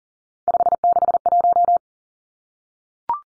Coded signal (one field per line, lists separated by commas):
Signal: Morse code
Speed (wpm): 40 wpm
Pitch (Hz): 700 Hz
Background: none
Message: 561